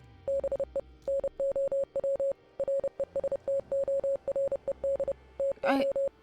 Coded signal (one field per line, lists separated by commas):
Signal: Morse code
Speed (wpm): 30 wpm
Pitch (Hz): 550 Hz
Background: none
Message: BE NOW RESTORED TO